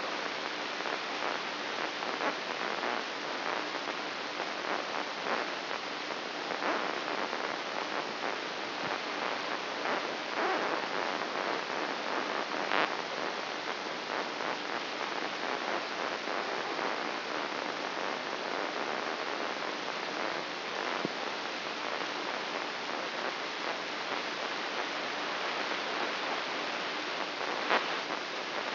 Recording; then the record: brain microelectrode recording played as sound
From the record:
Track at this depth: outside the subthalamic nucleus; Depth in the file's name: 7.26 mm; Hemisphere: left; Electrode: 3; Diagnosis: Parkinson's disease